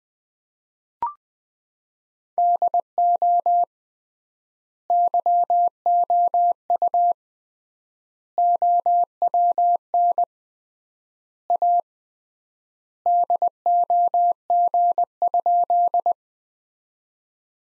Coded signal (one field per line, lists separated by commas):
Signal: Morse code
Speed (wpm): 20 wpm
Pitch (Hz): 700 Hz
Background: none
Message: DO YOU OWN A DOG?